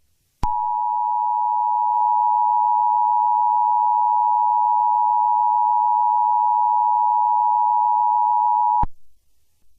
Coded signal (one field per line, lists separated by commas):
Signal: Emergency Alert System (SAME) tones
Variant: 853 and 960 Hz attention tone